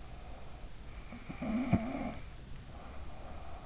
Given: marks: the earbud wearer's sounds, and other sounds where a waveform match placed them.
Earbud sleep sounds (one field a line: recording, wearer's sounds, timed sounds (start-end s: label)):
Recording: sounds in sleep by an in-ear microphone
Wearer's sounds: snoring breath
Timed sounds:
0.68-3.31 s: snoring breath